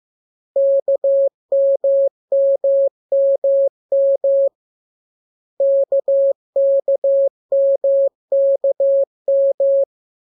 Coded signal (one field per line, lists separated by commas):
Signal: Morse code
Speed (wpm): 15 wpm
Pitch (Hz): 550 Hz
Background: none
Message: KMMMM KKMKM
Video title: Learning Morse Code. Lesson 2. Letter KMU.